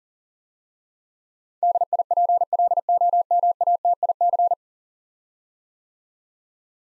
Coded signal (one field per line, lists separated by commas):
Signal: Morse code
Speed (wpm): 40 wpm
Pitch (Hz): 700 Hz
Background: none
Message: DIPLOMATIC